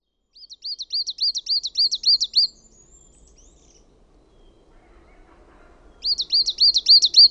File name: KUUSITIAINEN